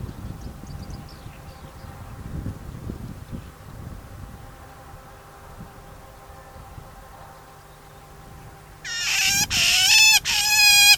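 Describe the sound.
Shrike call: after a long quiet stretch, three loud nasal, buzzy squawks come in quick succession near the end.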